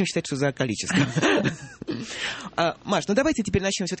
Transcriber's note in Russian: смеются